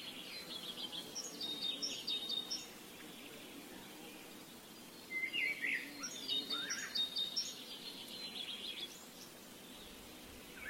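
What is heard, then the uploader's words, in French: Birds sing in two bright bursts, around the first three seconds and again from five to nine, over a steady low outdoor hum. Abeilles et oiseaux. Des abeilles bourdonnantes et des oiseaux mélodieux.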